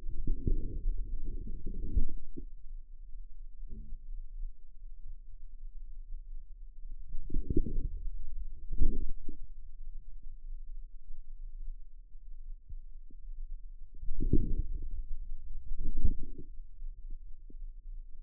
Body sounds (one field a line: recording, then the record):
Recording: forearm muscle sounds (acoustic myography)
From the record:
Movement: outward rotation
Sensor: system 2, bracelet of six BSWA MPA416 microphones around the upper forearm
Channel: 4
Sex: male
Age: 22 years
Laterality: right